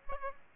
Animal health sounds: mosquito wingbeat signal from an infrared sensor; Aedes aegypti

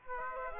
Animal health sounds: mosquito wingbeat signal from an infrared sensor; Aedes aegypti

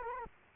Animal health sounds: mosquito wingbeat signal from an infrared sensor; Culex quinquefasciatus

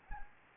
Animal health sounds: mosquito wingbeat signal from an infrared sensor; Anopheles arabiensis

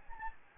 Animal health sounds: mosquito wingbeat signal from an infrared sensor; Anopheles gambiae

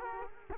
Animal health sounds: mosquito wingbeat signal from an infrared sensor; Culex quinquefasciatus

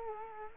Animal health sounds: mosquito wingbeat signal from an infrared sensor; Culex quinquefasciatus

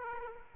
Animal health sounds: mosquito wingbeat signal from an infrared sensor; Aedes aegypti

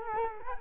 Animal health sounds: mosquito wingbeat signal from an infrared sensor; Culex quinquefasciatus

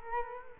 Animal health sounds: mosquito wingbeat signal from an infrared sensor; Culex quinquefasciatus

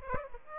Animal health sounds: mosquito wingbeat signal from an infrared sensor; Aedes aegypti

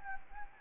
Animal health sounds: mosquito wingbeat signal from an infrared sensor; Anopheles gambiae

